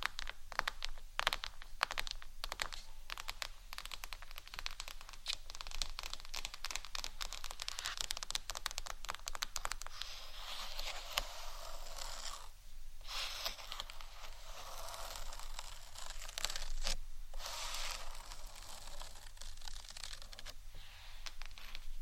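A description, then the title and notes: ASMR head mic triggers: dense, fast crackling taps and scratches, steady and bright, with brief pauses near 12 and 17 seconds. ASMR Unique Head Mic Triggers（No Talking）.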